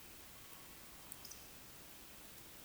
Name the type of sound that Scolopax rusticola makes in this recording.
whistle